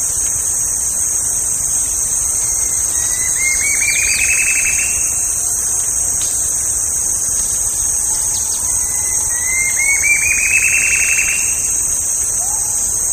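Bird calls, rising buzzy trills climbing in pitch, given twice about six seconds apart, over a loud steady high drone and background hiss.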